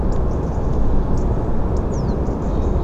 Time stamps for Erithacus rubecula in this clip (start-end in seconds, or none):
0.11-0.66, 1.16-1.23, 1.75-2.65